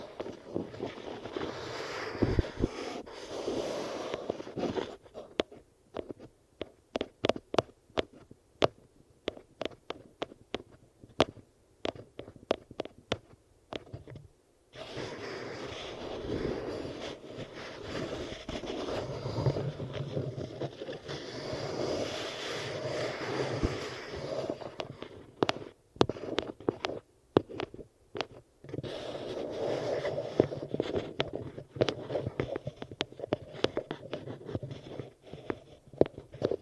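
An eardrum massage with stretches of dense, steady rubbing and scraping, soft and full in the low-middle range. Twice, around 5 to 15 seconds and again near 25 seconds, the rubbing breaks into quick, irregular crackles and sharp taps separated by brief silences.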